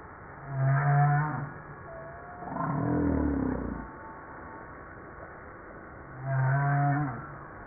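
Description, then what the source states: Humpback whale song: a low steady harmonic moan, then a deep groaning downsweep, and the moan returns about six seconds later. Recorded 5 March 1994.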